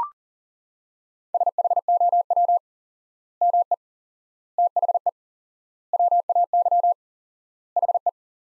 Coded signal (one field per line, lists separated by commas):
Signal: Morse code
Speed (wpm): 40 wpm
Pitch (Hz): 700 Hz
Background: none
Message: SHOW ME THE WAY HE